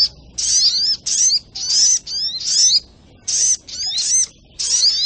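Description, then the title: Brown-throated sunbird song of high, rasping chatters and bright curved whistles in short bursts, with one longer pause midway. Masteran recording for training cage birds, titled Labaik. "Masteran Burung Sogok Ontong Labaik"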